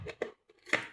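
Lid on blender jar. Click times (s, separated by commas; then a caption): 0.7 s. A plastic lid is closed on a blender jar of vegetables and pressed down until it locks, since the blender will not run unless the lid is locked. Two short handling knocks come at about 0.1 and 0.2 s, then a sharp latch click at 0.7 s as the lid seats and locks into place.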